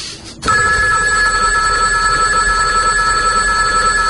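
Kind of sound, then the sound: signal or alarm, telephone ringing loudly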